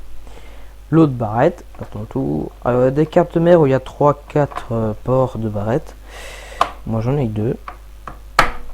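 A second memory stick is pushed into its slot on a motherboard while someone talks. A loud click sounds at 8.4 s, but the stick is poorly clipped in.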